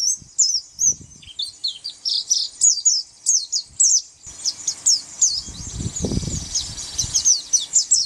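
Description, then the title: White-eye singing fast, high, thin twitters and slurred chips, while a low rumbling noise rises in the second half. "Pleci"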